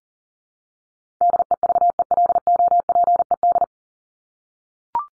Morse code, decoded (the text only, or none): DEVELOPED